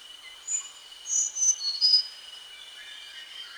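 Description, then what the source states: Rufous-chested Flycatcher calls: a series of thin, very high whistled notes spread over about one and a half seconds against a steady insect drone. Recorded at Danum on 1 March 2008.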